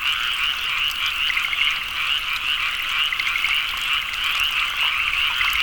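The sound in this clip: Frogs in full chorus, a prominent caller repeating quick chirps while many others trill steadily behind it.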